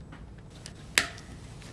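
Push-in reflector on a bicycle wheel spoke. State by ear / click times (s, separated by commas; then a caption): seated / 1.0 s. A push-in reflector piece, lined up with a spoke on the wheel of an Amtryke 1020 hand cycle, is pushed hard onto the spoke. After a few faint handling noises, one sharp, bright snap at 0.98 s marks the reflector seating firmly in place.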